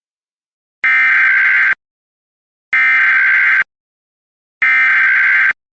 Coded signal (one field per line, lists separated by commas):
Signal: Emergency Alert System (SAME) tones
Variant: header bursts